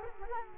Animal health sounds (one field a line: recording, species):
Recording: mosquito wingbeat signal from an infrared sensor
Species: Culex quinquefasciatus